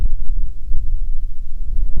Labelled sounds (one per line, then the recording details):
bird
wind
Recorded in the Prudhoe Bay oil fields, Alaska, on 6 August 2019 at 05:23
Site 22